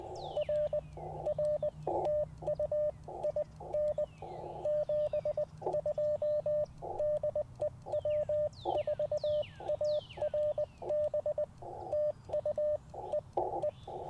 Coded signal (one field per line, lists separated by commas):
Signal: Morse code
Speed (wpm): 20 wpm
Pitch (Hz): 600 Hz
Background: radio noise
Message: R R TU IN 72 DE W4ARB TU E E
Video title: Morning Morse Code - 3/2/24